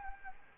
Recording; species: mosquito wingbeat signal from an infrared sensor; Anopheles gambiae